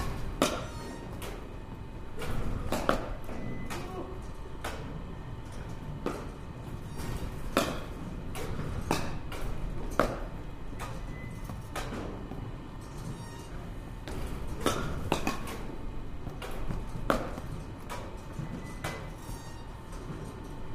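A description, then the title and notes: A batting cage clatters with sharp, irregular cracks every second or so over a steady low rumble and a faint constant tone. バッティングセンターの音です. Sound of batting cage.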